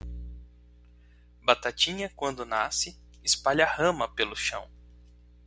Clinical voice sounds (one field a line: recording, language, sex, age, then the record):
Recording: short text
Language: Brazilian Portuguese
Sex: male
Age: 30 to 39 years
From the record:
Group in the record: control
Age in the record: 39 years